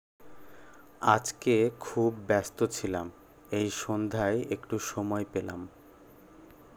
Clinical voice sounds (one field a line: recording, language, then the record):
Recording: elicited speech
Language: Bengali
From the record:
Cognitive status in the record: cognitively healthy